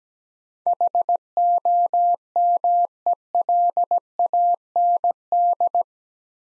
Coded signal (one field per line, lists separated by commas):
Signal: Morse code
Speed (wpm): 17 wpm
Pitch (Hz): 700 Hz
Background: none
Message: HOMELAND